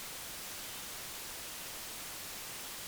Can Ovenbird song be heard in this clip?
no